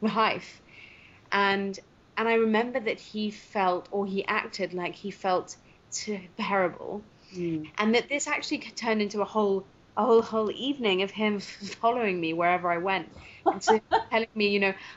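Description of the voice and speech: Adult woman who stutters, speaking in a storytelling monologue. Her speech has word repetitions ("a whole, whole, whole evening"), prolonged sounds and blocked pauses between phrases. She took a stuttering course at age 25 and now uses voluntary stuttering.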